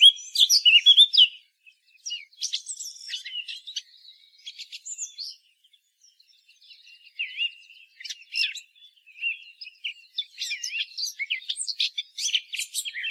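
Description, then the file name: Eurasian blackcap opening with a loud burst of warbling, dropping to soft scratchy notes and gaps, then rising again into busy chirping phrases. "Sylvia atricapilla"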